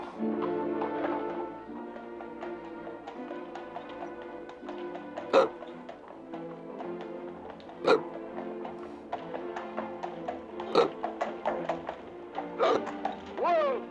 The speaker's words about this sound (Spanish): Lo siento, señor. Me da hipo. No puedo hacer nada. Me viene muy fuerte. Lo lamento.